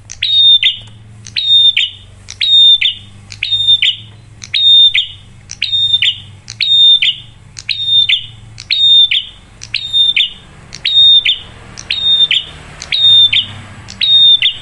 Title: Pancingan Prenjak Gacor Suara Jernih, Bikin yang Lain ikut Bunyi